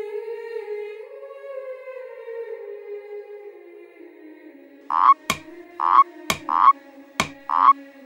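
A low humming drone fades into a run of about five short, loud frog croaks, each a raspy burst with a sharp click, repeating in an uneven rhythm over the final three seconds.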